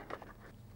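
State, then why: Not seated. A visor is being fed into the side mount of a Caberg Avalon motorcycle helmet. A brief sharp handling knock is heard at about 0.1 s, followed by soft rustling. Nothing has seated or clicked yet.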